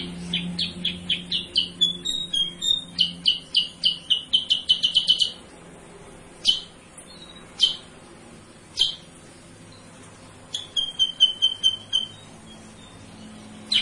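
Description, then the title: Sooty-headed bulbul song: rapid runs of bright chirped notes, about four per second, broken by pauses and single sharp notes. Masteran lure song (pancingan) used to teach song to cage birds. "Masteran Kutilang Sutra. suara pancingan kutilang sutra"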